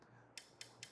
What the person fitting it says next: So you can hear those clicks.